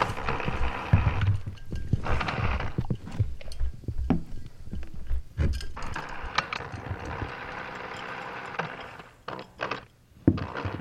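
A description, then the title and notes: Kitchen handling noises: irregular taps, knocks and low thumps crowd the first six seconds. A steady rushing pour follows from about 6 to 9 seconds, dotted with small clicks, then a brief lull near 10 seconds ends in a sharp knock. Opening a can of seltzer. Pouring water. Semi-rhythmic rubbing and tapping glass and cardboard. Opening kitchen cabinet doors.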